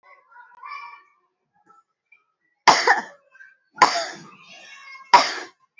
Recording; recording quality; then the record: shallow voluntary cough; excellent, no background noise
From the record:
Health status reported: healthy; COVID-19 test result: negative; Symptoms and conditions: cough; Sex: female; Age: 29 years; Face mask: not worn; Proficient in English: yes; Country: India